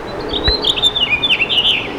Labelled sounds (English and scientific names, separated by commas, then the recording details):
House Finch (Haemorhous mexicanus) song
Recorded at Glen Cove on Long Island, New York, on 14 June 2013
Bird D